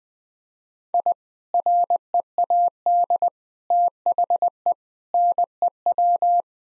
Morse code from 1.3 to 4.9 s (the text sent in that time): READ THE